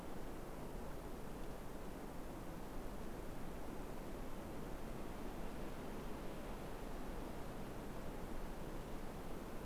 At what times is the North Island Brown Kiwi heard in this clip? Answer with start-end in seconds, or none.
none